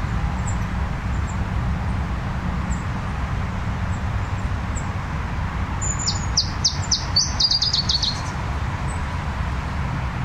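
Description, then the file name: Iberian chiffchaff song: one brief burst of high, thin, downslurred notes in quick succession, heard once, over a steady low rumbling background noise. "iberischer zilpzalp"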